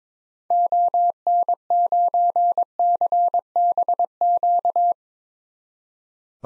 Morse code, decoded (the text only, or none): ON9CBQ